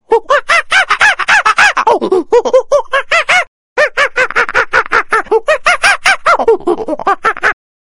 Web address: chimpanzee